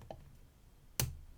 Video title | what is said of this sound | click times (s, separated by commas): Chunky Vintage Yale 870 Padlock Picked | nice click off that good | 1.0 s